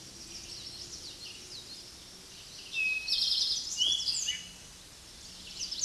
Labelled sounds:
Eastern Towhee song
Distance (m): 10 m
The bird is about 5 m above the microphone
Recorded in a Pennsylvania forest on 16 May 2024 at 06:09
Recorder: AudioMoth, point MSD-2166
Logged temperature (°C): 16.3 °C
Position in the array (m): 106 m, 6 m

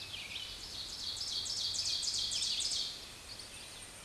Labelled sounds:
Ovenbird song
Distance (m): 15 m
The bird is about level with the microphone
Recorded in a Pennsylvania forest on 16 May 2024 at 07:06
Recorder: AudioMoth, point MSD-2287
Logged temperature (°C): 11.2 °C
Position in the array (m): 147 m, 6 m

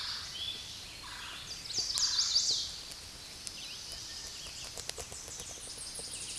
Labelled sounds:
Chestnut-sided Warbler song
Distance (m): 20 m
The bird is about 5 m above the microphone
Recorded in a Pennsylvania forest on 16 May 2024 at 08:57
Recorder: AudioMoth, point MSD-2007
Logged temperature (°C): 16.1 °C
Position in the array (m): 19 m, 25 m

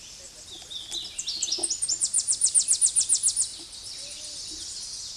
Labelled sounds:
Tennessee Warbler song
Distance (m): 25 m
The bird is about 20 m above the microphone
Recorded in a Pennsylvania forest on 16 May 2024 at 08:16
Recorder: AudioMoth, point MSD-0407
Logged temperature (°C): 15.8 °C
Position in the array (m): 65 m, 170 m

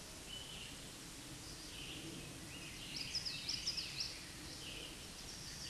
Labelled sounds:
Common Yellowthroat song
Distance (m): 55 m
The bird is about level with the microphone
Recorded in a Pennsylvania forest on 16 May 2024 at 09:20
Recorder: AudioMoth, point MSD-2166
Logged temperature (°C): 16.3 °C
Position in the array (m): 78 m, -39 m

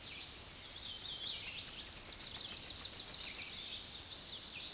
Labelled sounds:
Tennessee Warbler song
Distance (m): 15 m
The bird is about 15 m above the microphone
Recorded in a Pennsylvania forest on 16 May 2024 at 06:36
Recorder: AudioMoth, point MSD-0407
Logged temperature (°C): 15.8 °C
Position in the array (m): 68 m, 167 m

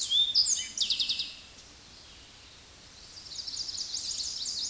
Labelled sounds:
Chestnut-sided Warbler song
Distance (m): 40 m
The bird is about level with the microphone
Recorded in a Pennsylvania forest on 16 May 2024 at 09:58
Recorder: AudioMoth, point MSD-0788
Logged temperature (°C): 16.6 °C
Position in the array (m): 110 m, -12 m

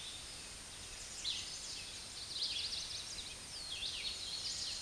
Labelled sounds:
Red-eyed Vireo song
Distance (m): 35 m
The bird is about 20 m above the microphone
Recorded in a Pennsylvania forest on 16 May 2024 at 06:34
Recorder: AudioMoth, point MSD-0398
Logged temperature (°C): 16.4 °C
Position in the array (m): 164 m, 71 m

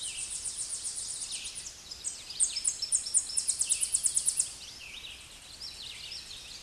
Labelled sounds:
Tennessee Warbler song
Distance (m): 20 m
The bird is about 5 m above the microphone
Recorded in a Pennsylvania forest on 16 May 2024 at 08:30
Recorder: AudioMoth, point MSD-2478
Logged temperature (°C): 15.6 °C
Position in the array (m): 74 m, 200 m

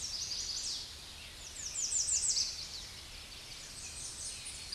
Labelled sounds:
American Redstart song
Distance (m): 20 m
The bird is about 10 m above the microphone
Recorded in a Pennsylvania forest on 16 May 2024 at 08:12
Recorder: AudioMoth, point MSD-0526
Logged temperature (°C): 16.6 °C
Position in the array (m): 102 m, 243 m

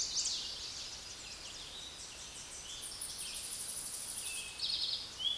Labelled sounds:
Eastern Towhee song
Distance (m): 30 m
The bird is about 25 m above the microphone
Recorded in a Pennsylvania forest on 16 May 2024 at 08:52
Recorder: AudioMoth, point MSD-1534
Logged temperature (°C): 15.6 °C
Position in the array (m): 58 m, 14 m

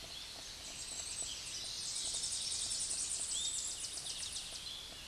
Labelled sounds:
Tennessee Warbler song
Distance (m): 35 m
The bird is about level with the microphone
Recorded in a Pennsylvania forest on 16 May 2024 at 08:39
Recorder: AudioMoth, point MSD-0661
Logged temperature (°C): 15.8 °C
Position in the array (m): 30 m, 100 m

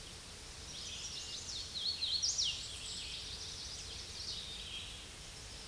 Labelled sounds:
Hooded Warbler song
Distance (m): 40 m
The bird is about 20 m above the microphone
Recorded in a Pennsylvania forest on 16 May 2024 at 08:07
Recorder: AudioMoth, point MSD-2095
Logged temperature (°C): 16.3 °C
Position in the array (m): 172 m, 86 m

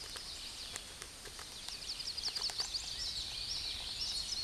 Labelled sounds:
Common Yellowthroat song
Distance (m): 45 m
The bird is about 10 m above the microphone
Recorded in a Pennsylvania forest on 16 May 2024 at 09:02
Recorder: AudioMoth, point MSD-2155
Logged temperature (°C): 15.6 °C
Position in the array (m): 57 m, 160 m

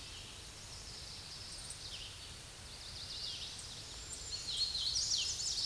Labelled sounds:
Hooded Warbler song
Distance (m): 30 m
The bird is about 15 m above the microphone
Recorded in a Pennsylvania forest on 16 May 2024 at 08:07
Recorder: AudioMoth, point MSD-2208
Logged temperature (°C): 15.2 °C
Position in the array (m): 172 m, 85 m

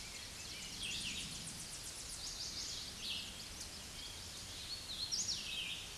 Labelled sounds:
Hooded Warbler song
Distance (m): 45 m
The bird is about 10 m above the microphone
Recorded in a Pennsylvania forest on 16 May 2024 at 07:16
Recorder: AudioMoth, point MSD-0079
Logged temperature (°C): 16.1 °C
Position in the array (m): 131 m, 114 m

